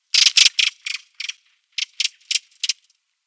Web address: Schulze Peter Redwing calls